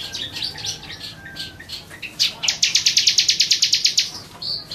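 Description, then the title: Bar-winged prinia song: soft scattered chirps, then a brisk series of loud, sharp, evenly spaced high notes. "Suara Burung Ciblek"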